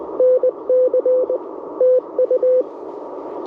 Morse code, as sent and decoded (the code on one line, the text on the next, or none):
-. -.-. / - ..-
NC TU